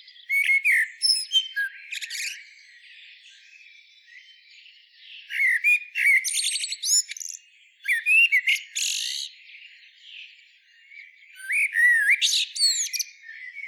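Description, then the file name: Common blackbird delivering several separate bursts of mellow whistles mixed with thin, buzzy high twittering, each burst a few seconds long with quieter gaps between them. "Turdus merula"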